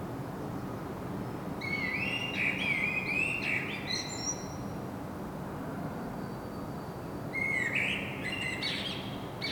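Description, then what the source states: Common blackbird singing two mellow fluted phrases, each ending in a thin squeaky flourish, separated by a pause, with a constant low background hum. Singing in Saint-Gilles, Belgium; recorded with a Sony PCM-M10 internal microphone.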